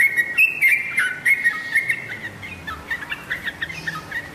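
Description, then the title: Oriental magpie-robin song, a run of varied whistles and sharp chirps, busy at first and then quieter, with a faint low rumble behind. "Kicau Kacer"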